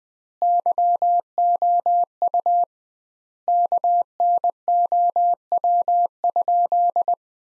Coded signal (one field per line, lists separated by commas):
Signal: Morse code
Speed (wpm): 20 wpm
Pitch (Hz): 700 Hz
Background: none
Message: YOU KNOW?